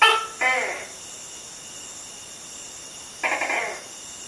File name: Mating call of a male Tokay gecko (Gekko gecko)